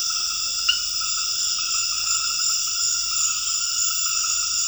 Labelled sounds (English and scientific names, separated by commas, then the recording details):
none
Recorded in dense forest near Puerto Asís, Putumayo, Colombia, on 8 March 2025 at 21:00
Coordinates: 0.484, -76.325
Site G045